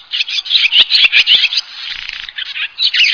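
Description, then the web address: Bird calling in harsh, scratchy chattering notes, repeated rapidly in uneven bursts for the whole stretch. Recorded in Higashiosaka. "higashiosaka bird koe"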